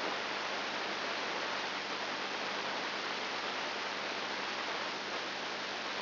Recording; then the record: brain microelectrode recording played as sound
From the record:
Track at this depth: inside the subthalamic nucleus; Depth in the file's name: 4.301 mm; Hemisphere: left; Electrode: 2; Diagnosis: Parkinson's disease